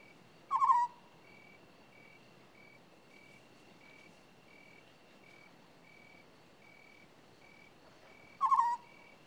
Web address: BBC Sound Effects Library - Animals and Birds African Scops Owl